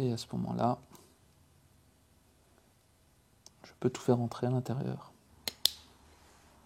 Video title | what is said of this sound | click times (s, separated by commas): Glock 17 Gen 2 vs Gen 5 - Quoi de Neuf en Trente Ans ? | on a attendu le petit clic c'est bon signe | 5.7 s